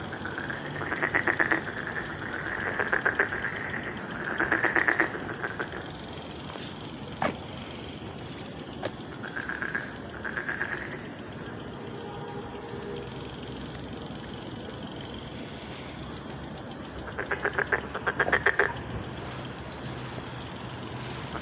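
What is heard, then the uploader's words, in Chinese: Frogs croak from a pond on a spring evening, in rapid pulsing bursts that come in clusters around 1–5 seconds, again near 10 seconds, and strongly at 17–19 seconds. Between the bursts, a steady low rumble and faint scattered clicks fill the background. 春日晚塘蛙鸣。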